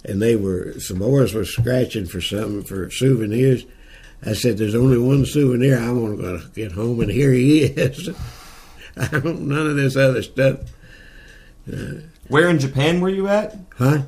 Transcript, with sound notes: and they were, some boys were scratching for something for souvenirs? I said, there is only one souvenir I want to get home, and here he is [Chuckling] I don’t want none of this other stuff.
Where in Japan were you at?
Huh?